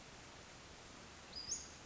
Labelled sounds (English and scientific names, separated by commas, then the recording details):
Western Flycatcher (Empidonax difficilis)
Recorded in Sonoma County, California